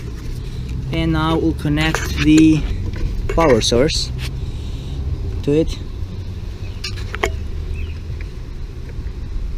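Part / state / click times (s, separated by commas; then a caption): power connector into the EVAP vent valve / seated / 7.2 s. A plastic electrical power connector is pushed onto the EVAP vent valve while someone talks over a steady low hum. A short burst of handling noise comes just before a sharp snap at 7.2 s as the connector locks into place, and it is confirmed seated.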